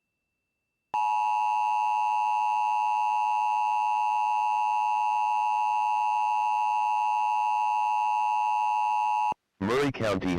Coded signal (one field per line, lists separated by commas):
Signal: Emergency Alert System (SAME) tones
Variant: 853 and 960 Hz attention tone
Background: speech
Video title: (Real EAS #10) My first ADMINISTRATIVE MESSAGE I've captured!